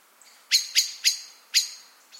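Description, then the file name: Eurasian blackbird giving four loud, sharp chink notes, three in quick succession and a fourth after a short gap. "Turdus merula"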